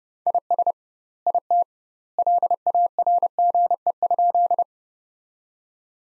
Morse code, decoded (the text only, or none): IS IT LARGE?